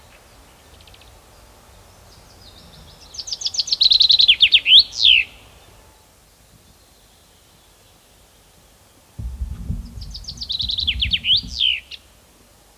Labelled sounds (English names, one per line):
Common Chaffinch song